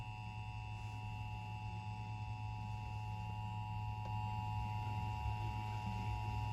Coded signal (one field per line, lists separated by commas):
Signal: Emergency Alert System (SAME) tones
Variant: 853 and 960 Hz attention tone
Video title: Some EAS alerts from the 3/16/26 “Moderate/Level 4” Risk - EAS #1,012-1,020